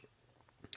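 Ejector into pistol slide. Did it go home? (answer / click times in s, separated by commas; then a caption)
yes / 0.7 s. During reassembly of a Taurus PT111 Millennium G2 pistol slide, the ejector is pressed hard until it jumps up and snaps into its spot in the slide. A few faint soft taps come before a single sharp, bright click at 0.7 s. The ejector is locked back into place.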